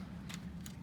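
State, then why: Released. The blade-release lever on a cordless jigsaw is flipped to open the blade clamp so the metal blade can be removed. Two short, bright ticks sound at 0.3 s and 0.7 s over a steady low hum. The clamp clicks open and releases the blade.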